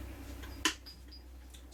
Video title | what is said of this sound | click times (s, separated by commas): Correction on removing your hatsan barrel & piston seal info & more... | I don't know if you heard that little click but you can see by the breech opening now | 0.7 s